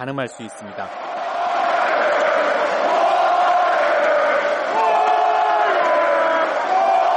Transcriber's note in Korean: 녹취: 농구장 관중 함성